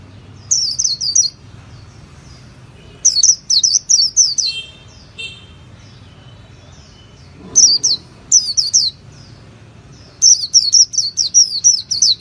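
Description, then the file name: White-eye singing in high, rapid twittering phrases of downslurred notes, four bursts separated by pauses of a few seconds, with faint background noise. Song style called 'líu' in Vietnamese. "tieng khuyen liu"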